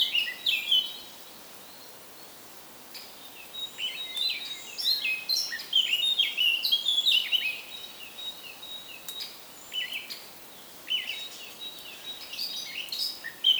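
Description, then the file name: Eurasian blackcap song in repeated rambling phrases of quick chattering and whistled notes over a steady background hiss. "Sylvia atricapilla"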